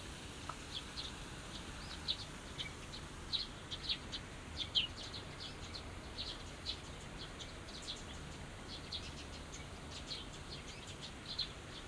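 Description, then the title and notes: Birds twittering with clear high chirps, loudest around the middle, then thinning into softer calls over a quiet hiss. Binaural recording in a small garden in a corner of Yushima Tenjin shrine, Tokyo, Japan, surrounded by buildings, after rain. "小鳥のさえずり、雨上がりの庭園にて（Binaural）- Birds singing in the garden. 湯島天神の片隅にある小さな庭園で録音しました。"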